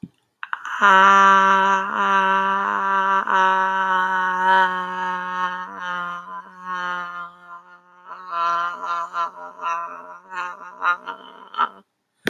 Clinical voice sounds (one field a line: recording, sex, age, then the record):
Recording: vowel held as long as possible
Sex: female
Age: 20 to 29 years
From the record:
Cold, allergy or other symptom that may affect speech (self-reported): no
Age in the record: 21 years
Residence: Florida, United States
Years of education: 16